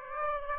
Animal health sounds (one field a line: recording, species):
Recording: mosquito wingbeat signal from an infrared sensor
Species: Aedes aegypti